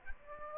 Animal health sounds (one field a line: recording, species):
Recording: mosquito wingbeat signal from an infrared sensor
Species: Aedes aegypti